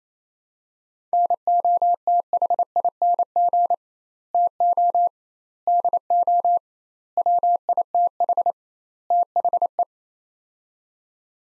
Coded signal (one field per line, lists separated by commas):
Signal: Morse code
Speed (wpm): 27 wpm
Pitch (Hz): 700 Hz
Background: none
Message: NOTHING TO DO WITH THE